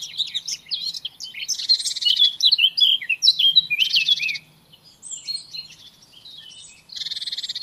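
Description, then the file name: Eurasian blackcap pouring out a quick warbling song with buzzy rasping bursts, a quieter patch of thin twitters near the end, then a loud harsh rattle. "Sylvia atricapilla"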